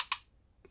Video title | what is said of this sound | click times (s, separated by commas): The Lomography Belair X 6-12 Camera: Basic Operations | hear it click in so now we have the six by six mask mounted | 0.1 s